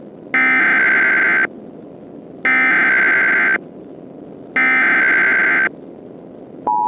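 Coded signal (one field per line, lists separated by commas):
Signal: Emergency Alert System (SAME) tones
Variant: header bursts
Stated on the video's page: Simulated EAS scenario recreating the 1935 Black Sunday dust storm, using valid EAS tones.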